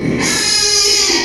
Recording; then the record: squeal of a Yucatan mini pig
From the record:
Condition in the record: after surgery on the right vocal fold (resection and tissue-engineered implant); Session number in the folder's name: 2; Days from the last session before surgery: 13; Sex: male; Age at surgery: 12 weeks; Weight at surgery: 13 kg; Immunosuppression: cyclosporine, prednisolone